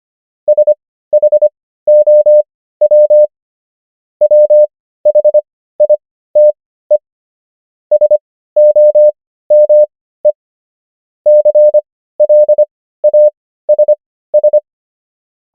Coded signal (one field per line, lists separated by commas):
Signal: Morse code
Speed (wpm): 25 wpm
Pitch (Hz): 600 Hz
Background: none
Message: SHOW WHITE SOME CLASS